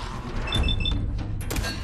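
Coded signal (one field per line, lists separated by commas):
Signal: none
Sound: game's interface beeps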